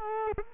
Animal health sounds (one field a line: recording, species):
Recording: mosquito wingbeat signal from an infrared sensor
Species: Culex quinquefasciatus